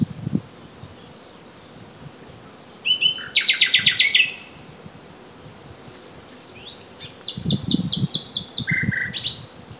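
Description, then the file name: Common nightingale song: two loud phrases of rapid repeated notes, the first opening with a whistled tone and then a fast rattling series, the second ending with a whistled tone. "Luscinia megarhynchos"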